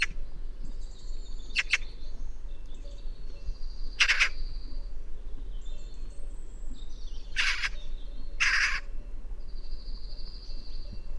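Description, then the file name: Eurasian magpie giving harsh, rasping chack calls at uneven intervals over steady low rumble, with thin high whistles from other birds between them. "Pica pica"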